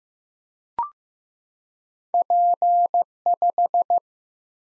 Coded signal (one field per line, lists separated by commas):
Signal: Morse code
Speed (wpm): 15 wpm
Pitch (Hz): 700 Hz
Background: none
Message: P5